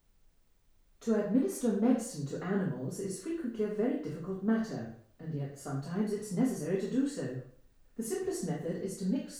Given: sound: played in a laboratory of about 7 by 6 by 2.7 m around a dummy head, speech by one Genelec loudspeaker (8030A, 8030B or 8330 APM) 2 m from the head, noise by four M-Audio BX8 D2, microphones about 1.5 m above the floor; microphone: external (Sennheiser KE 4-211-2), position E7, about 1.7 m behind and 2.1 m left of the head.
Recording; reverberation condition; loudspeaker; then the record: female speech in English; medium; behind (180 degrees)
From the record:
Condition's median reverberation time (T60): about 510 ms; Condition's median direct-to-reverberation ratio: about -0.5 dB